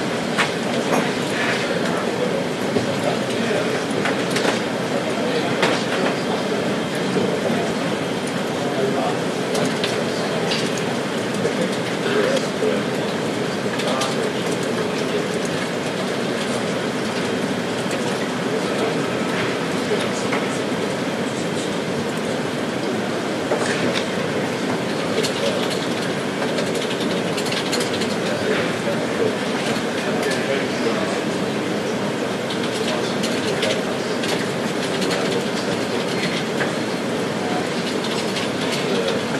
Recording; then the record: background sound without coughing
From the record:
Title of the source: Office Sounds Ambience - Background Noise for Study and Work